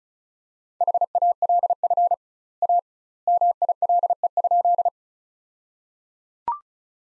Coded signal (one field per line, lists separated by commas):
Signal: Morse code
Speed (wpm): 34 wpm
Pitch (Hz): 700 Hz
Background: none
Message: HALF A MILE?